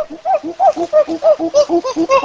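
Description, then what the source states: Chimpanzee food call: rapid, rhythmic hooting pants alternating lower and higher notes. Male chimpanzee in Tanzania calling to companions that food has arrived.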